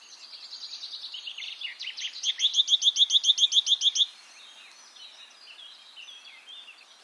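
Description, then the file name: Great tit calls: a rapid, steady string of about a dozen sharp notes lasting two seconds, then fading chatter and faint twitters amid light background hiss. "Parus major"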